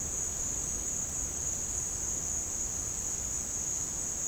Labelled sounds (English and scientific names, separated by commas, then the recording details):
none
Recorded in pastures near Puerto Asís, Putumayo, Colombia, on 25 June 2025 at 15:30
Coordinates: 0.496, -76.326
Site GP01